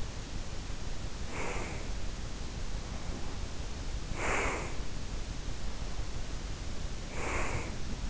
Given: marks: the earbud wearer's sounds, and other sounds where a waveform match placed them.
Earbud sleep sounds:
sounds in sleep by an in-ear microphone; breath
1.05-1.99 s: breath
3.97-4.92 s: breath
6.96-8.10 s: breath

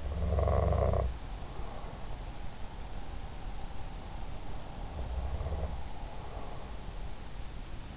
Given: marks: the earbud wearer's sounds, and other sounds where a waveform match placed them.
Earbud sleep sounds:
sounds in sleep by an in-ear microphone; snoring breath
0.00-1.97 s: snoring breath
4.93-6.91 s: snoring breath

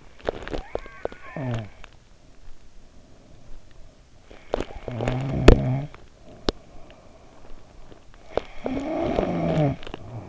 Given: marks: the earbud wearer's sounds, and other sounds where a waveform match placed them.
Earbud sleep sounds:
sounds in sleep by an in-ear microphone; snoring breath, teeth grinding
0.00-2.19 s: snoring breath
0.23-1.96 s: teeth grinding
4.18-8.04 s: snoring breath
4.44-6.69 s: teeth grinding
8.16-10.00 s: teeth grinding
8.16-10.28 s: snoring breath

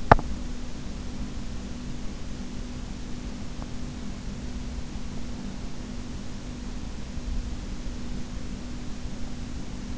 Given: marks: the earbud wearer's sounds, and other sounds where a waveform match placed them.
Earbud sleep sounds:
sounds in sleep by an in-ear microphone; teeth grinding
0.00-0.31 s: teeth grinding

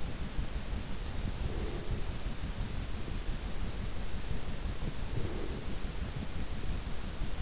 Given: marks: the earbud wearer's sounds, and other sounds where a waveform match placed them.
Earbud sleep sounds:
sounds in sleep by an in-ear microphone; breath
1.19-2.28 s: breath
5.13-5.94 s: breath

